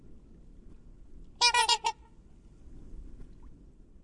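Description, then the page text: Black swan uttering a short stuttering honk made of several quick harmonic pulses, then quiet background. Feeds on aquatic plants and algae; lives in Australian lagoons, estuaries and marshes; highly social, migratory; pairs for life, building floating nests with up to 6 eggs. "Cisne Negro (Cygnus atratus). Aves Fantásticas"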